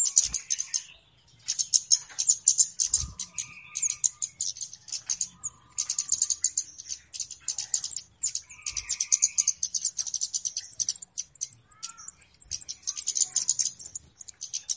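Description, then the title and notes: Flowerpecker ticking rapidly in long runs at high pitch, with a few short lower notes in between. Calls used as a lure (pikat). "Kicau Burung Kemade ( Cabe Cabean) Jernih. Suara Burung Cabe Cabean Pikat"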